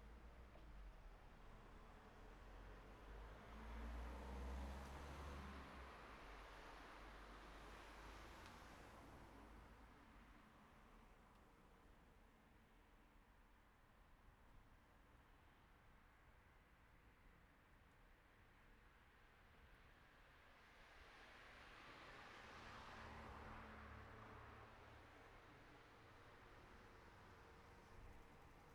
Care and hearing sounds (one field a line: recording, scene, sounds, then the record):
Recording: everyday scene through a hearing-aid microphone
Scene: in traffic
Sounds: traffic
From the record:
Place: city secondary road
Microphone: behind the ear, right, rear